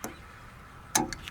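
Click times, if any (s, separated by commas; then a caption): 1.0 s. A cooling system pressure tester hose nozzle is turned on the radiator neck adapter of a Suzuki Jimny JA22W. A faint tick comes first, then a sharp click at 0.96 s, followed by two smaller ticks. The nozzle is seated and locked, and it no longer moves left or right.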